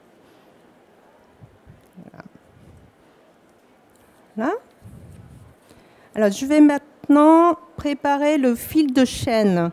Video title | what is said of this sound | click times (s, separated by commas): CLOVER - Démonstration mini-métier à tisser - Plateau TV - Pour l'Amour du Fil 2017 (FR) | vous mettez bien la barre d'espacement comme ça normalement il fait clic quand vous le mettez dans le bon sens | 2.2 s